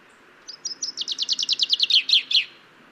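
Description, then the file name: Common chaffinch song: a single series of many sharp notes, gradually falling in pitch and ending in a louder flourish. "Fringilla coelebs"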